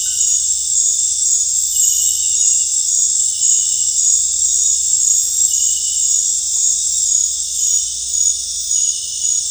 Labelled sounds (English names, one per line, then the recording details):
none
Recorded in dense forest near Puerto Asís, Putumayo, Colombia, on 26 December 2024 at 19:00
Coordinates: 0.484, -76.325
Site G056